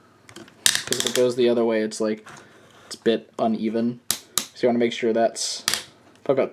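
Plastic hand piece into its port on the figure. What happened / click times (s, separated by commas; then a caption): The plastic peg snapped into its port / 0.7 s. During the transformation of a 2021 Transformers Shattered Glass Jetfire figure, a plastic hand piece is pushed into its port on the figure. A single loud, sharp click at 0.7 s marks the hand seating in the port, followed by a few smaller ticks while someone talks.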